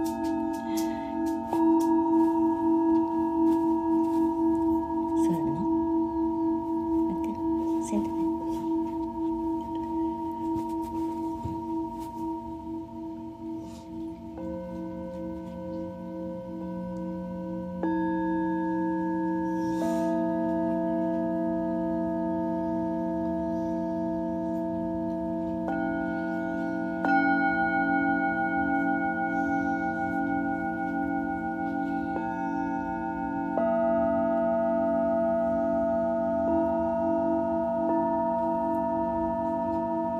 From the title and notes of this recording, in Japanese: メキシコから シンギングボウルのサウンドヒーリング ライブ。